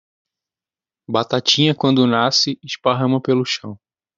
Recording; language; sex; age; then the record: short text; Brazilian Portuguese; male; 20 to 29 years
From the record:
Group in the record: control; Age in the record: 20 years